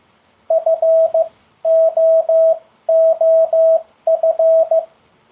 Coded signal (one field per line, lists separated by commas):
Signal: Morse code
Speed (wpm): 15 wpm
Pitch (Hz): 650 Hz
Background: radio noise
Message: FOOF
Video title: ZS-CW Morse Code Word Practice 27/7/2023 - Beginner's Corner Hosted by ZS6MSW